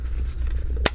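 After cards and cash are placed inside, the hinged card compartment door on the back of a UAG phone case is pressed shut over a steady low hum. A single sharp, bright snap at 0.9 s marks the door locking closed.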